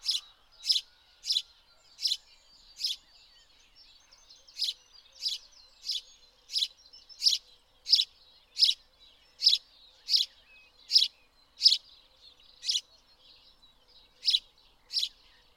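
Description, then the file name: House sparrow chirping: short, sharp chirps repeated in a steady run with brief pauses, over a quiet background. "Passer domesticus"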